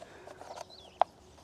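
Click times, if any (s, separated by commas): 1.0 s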